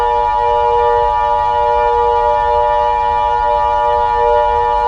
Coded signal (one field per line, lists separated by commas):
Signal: Emergency Alert System (SAME) tones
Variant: 853 and 960 Hz attention tone